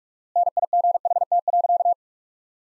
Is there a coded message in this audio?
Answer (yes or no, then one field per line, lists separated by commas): yes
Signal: Morse code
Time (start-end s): 0.4-1.9 s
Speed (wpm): 41 wpm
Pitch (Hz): 700 Hz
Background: none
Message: NIGHT.